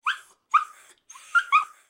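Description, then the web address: Dog (Akita) puppy gives three short breathy whines with brief pauses between them, the last in two parts. "Blastwave ANIMALS Dog Akita Puppy"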